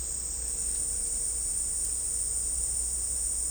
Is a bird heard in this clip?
no